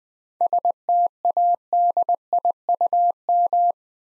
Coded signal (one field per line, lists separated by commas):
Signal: Morse code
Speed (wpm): 20 wpm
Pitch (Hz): 700 Hz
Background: none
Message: STADIUM